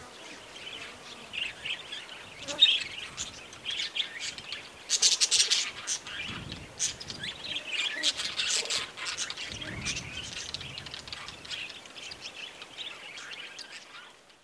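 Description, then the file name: Budgerigar chatter, steady overlapping chirps and warbles, with a louder burst of harsh notes midway and a few low thumps. Budgerigars near Gosses Bluff, Northern Territory. "BIRD-budgies-nr-gosses-bluff nt"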